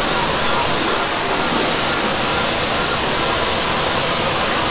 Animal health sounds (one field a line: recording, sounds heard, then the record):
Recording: poultry house recording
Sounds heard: no chicken sound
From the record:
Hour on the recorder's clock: 9